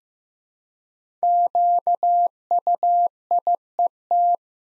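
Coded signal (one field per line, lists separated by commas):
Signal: Morse code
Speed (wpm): 15 wpm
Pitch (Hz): 700 Hz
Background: none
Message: QUIET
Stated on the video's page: 15wpm practice drill of five-letter words, each sent twice in Morse for head-copy practice.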